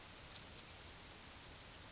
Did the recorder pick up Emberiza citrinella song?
no